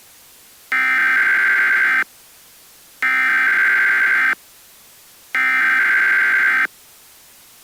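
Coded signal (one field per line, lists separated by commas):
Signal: Emergency Alert System (SAME) tones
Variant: header bursts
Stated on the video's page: Fictional EAS scenario made for Halloween, not a real alert.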